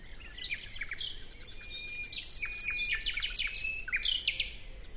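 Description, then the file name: Common nightingale song: varied high phrases of rapid repeated notes and a few thin level whistles. "Luscinia megarhynchos"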